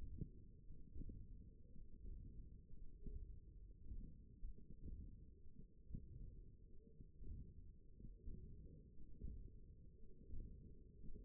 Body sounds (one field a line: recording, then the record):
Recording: forearm muscle sounds (acoustic myography)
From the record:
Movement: hand opening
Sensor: system 1, eight BSWA MPA416 microphones around the upper forearm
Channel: 4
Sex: female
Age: 21 years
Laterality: right